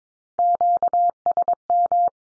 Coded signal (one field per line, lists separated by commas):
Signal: Morse code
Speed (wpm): 22 wpm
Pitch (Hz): 700 Hz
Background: none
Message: QSM